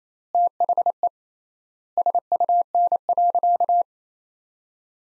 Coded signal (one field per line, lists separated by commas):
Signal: Morse code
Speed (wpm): 28 wpm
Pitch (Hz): 700 Hz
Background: none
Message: THE SUN.